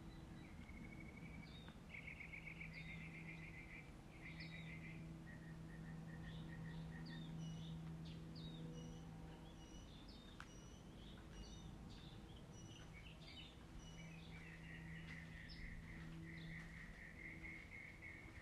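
Birds sing over a steady low hum that runs the whole time. Bursts of fast, bright trills come at the start and again near the end, with scattered short chirps and whistles in between.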